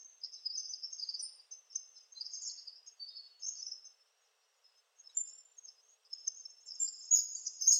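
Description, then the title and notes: Palm tanager calls: high, thin squeaky twitters in short irregular bursts, with a brief pause midway before the chatter resumes. "Sanhaçu-do-coqueiro (Tangara palmarum). Sanhaçu-do-coqueiro Palm Tanager ( Tangara palmarum )"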